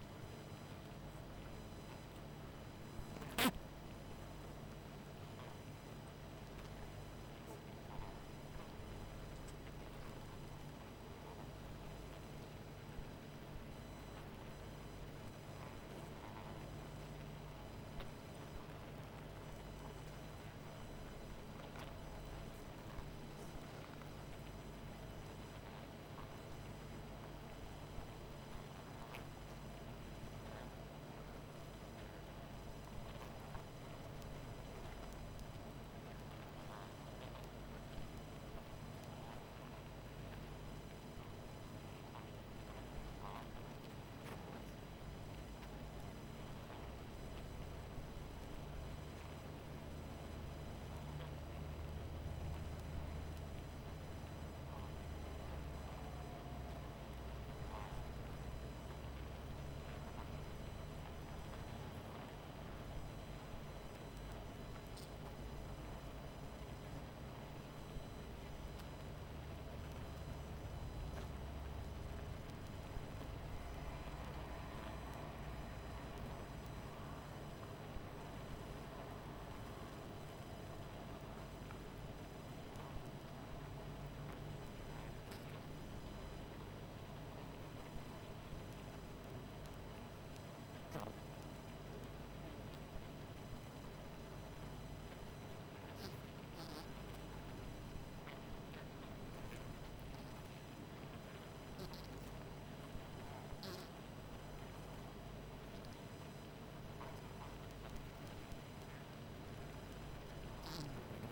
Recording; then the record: honeybee colony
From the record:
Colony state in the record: missing queen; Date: 14 July 2017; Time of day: 22:01